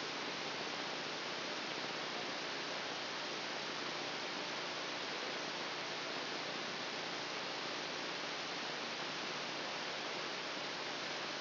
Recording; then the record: brain microelectrode recording played as sound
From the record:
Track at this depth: outside the subthalamic nucleus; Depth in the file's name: 0.115 mm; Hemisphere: left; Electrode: 2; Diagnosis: Parkinson's disease